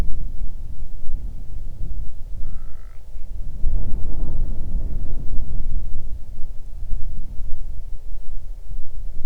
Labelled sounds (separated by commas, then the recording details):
grouse or ptarmigan, wind
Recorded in the Arctic National Wildlife Refuge, Alaska, on 8 June 2019 at 00:07
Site 40